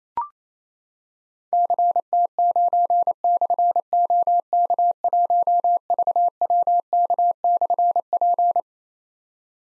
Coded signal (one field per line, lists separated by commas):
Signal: Morse code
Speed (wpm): 28 wpm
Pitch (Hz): 700 Hz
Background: none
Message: CT9/OK1VWK/P